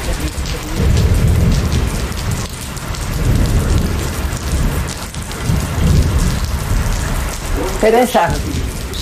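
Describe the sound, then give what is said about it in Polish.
Steady, dense rain hisses throughout while deep rumbles of thunder roll underneath in slow swells as a storm moves in quickly; a brief voice cuts in near the end. “Jezu, burza idzie szybciej.”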